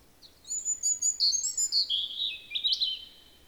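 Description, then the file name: European robin singing a rapid, high phrase of bright, liquid notes that slides downward, with trills mixed in. "Erithacus rubecula"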